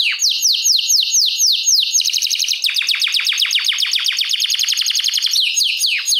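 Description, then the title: Domestic canary song: a dense, loud run of rapid descending trill notes, several quick phrases following each other without pause. Portuguese canary breed (Kenari Portugis). "Kenari Portugis"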